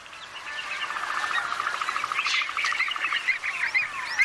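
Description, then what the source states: Greater spotted eagle calls: a rapid series of short yelping notes, with higher chirping notes above them. Rare migratory bird of prey; flies every year to Belarus in Eastern Europe to breed; war in Ukraine may be disrupting its flight paths and ability to reproduce.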